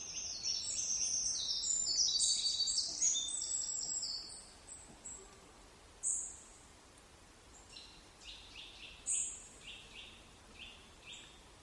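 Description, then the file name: Eurasian wren song, a loud rapid high-pitched trilling burst of about four seconds, followed by scattered thin notes and short ticking phrases. "Troglodytes troglodytes"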